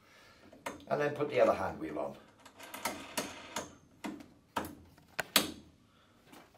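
A carriage bolt is passed through the holes in the two handle tube sections of a Hyundai HYSW1600E artificial lawn sweeper, and its square neck pops into the square hole with a single sharp hit at 0.7 s, seating it. Someone talks throughout, and a few more sharp knocks follow later in the clip.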